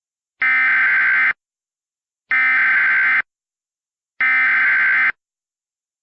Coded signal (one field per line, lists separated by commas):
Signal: Emergency Alert System (SAME) tones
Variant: header bursts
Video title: *VALID TONES* Hurricane Dorian EAS Compilation